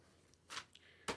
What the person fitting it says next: Comes down, locks into place.